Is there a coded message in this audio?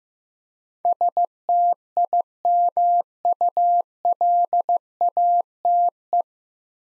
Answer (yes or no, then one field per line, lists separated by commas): yes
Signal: Morse code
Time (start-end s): 0.8-6.2 s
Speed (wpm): 15 wpm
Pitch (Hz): 700 Hz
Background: none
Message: STIMULATE